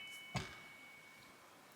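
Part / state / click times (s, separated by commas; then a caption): grain mill attachment into stand mixer hub / not seated / none. A grain mill attachment is being fitted into the attachment hub of a KitchenAid stand mixer, with a brief handling knock near 0.4 s over a faint steady tone and low background hiss. Nothing has seated or clicked yet.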